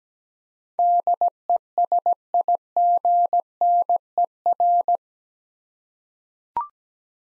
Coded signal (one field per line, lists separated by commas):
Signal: Morse code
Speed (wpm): 17 wpm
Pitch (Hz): 700 Hz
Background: none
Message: DESIGNER